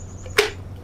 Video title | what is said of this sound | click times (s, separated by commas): Cleaning a 40 Year Old Bullworker X5 | the same on the other side with the other handle. Snaps back into place. | 0.4 s